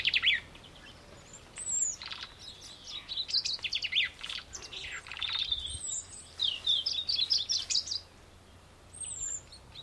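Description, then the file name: Chaffinch giving several bright phrases of quick notes with short gaps, over steady background noise. "Fringilla coelebs"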